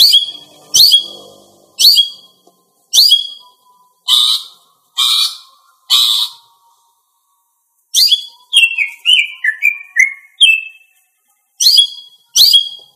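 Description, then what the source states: Greater green leafbird song: sharp chirping notes repeated about once a second, then a run of falling whistled notes, then more chirps. Female bird.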